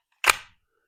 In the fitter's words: it does SNAP in there really nice